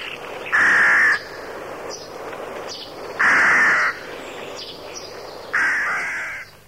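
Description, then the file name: Rook giving three loud, harsh caws about two and a half seconds apart, each lasting roughly half a second to a second. "havran"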